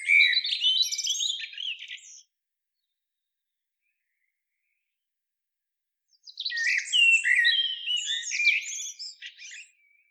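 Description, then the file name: Eurasian blackbird with two rich bursts of jumbled, high twittering and squeaks, the first lasting about two seconds and the second about four, separated by about four seconds of quiet. "Turdus merula"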